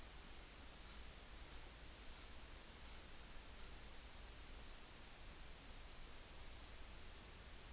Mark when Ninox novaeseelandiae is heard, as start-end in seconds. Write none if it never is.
none